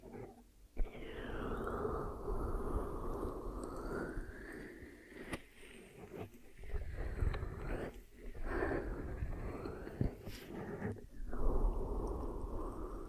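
Ear massage and cleaning: a muffled, continuous rubbing and rustling with a slowly rising and falling whoosh as the pressure shifts. Brief silent gaps break it near 0.7, 7, 8 and 11 seconds, with a couple of sharp clicks.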